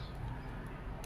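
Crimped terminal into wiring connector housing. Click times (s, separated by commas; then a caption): 1.0 s. A repaired crimped terminal, first pushed in at a bad angle, is realigned and pushed into the plastic wiring connector housing of a 2005 Toyota Caldina. Low, steady handling noise fills most of the second until a short, sharp click at 1.0 s as the terminal seats and locks in place.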